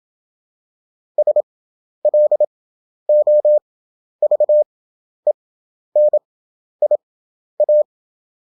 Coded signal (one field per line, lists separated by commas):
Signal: Morse code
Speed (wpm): 27 wpm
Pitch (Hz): 600 Hz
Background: none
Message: SLOVENIA